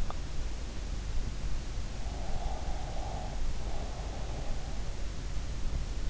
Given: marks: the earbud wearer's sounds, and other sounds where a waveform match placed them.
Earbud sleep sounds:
sounds in sleep by an in-ear microphone; breath
2.29-4.20 s: breath

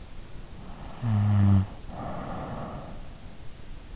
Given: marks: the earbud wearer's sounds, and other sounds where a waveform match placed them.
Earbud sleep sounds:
sounds in sleep by an in-ear microphone; snoring breath
0.57-3.41 s: snoring breath

